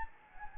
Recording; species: mosquito wingbeat signal from an infrared sensor; Anopheles gambiae